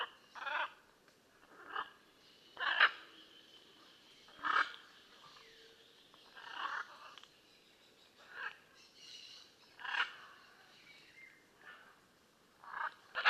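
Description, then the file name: Blue-and-yellow macaw giving repeated harsh, grating squawks every second or two, with fainter rasping notes in between. "Blue and yellow Macaw Ara ararauna"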